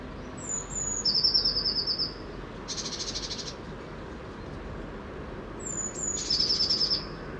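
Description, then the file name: Eurasian blue tit singing twice, about five seconds apart: each phrase has high thin notes then a quick trill, with a short hissing noise burst between phrases. "Cyanistes caeruleus"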